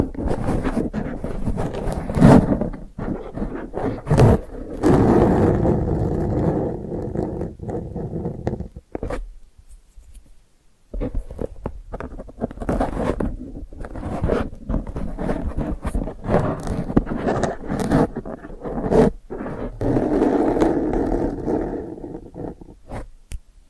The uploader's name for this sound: ASMR Brain Flossing (No Talking)